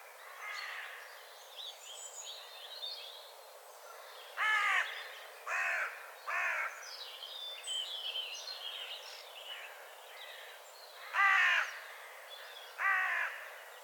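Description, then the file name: Carrion crow cawing: harsh, rasping caws, three in quick succession, then two more after a pause, over a steady background of smaller birds twittering. "Corvus corone"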